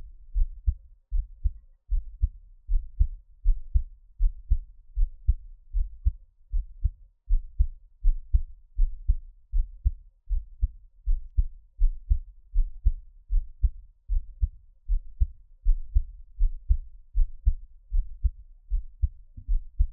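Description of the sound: An adult's own heartbeat, close-miked, heard as an ASMR piece with no talking. A normal, steady heartbeat of about 79 beats per minute, with deep low-pitched thumps.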